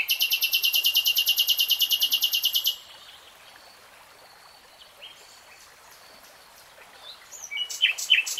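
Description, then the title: Nightingale belting out a loud, very rapid rattling trill for nearly three seconds, then a quiet gap and a fresh phrase of sharp notes. Singing, from a 3-hour real-time recording. "Tiếng chim hót Nightingale Singing"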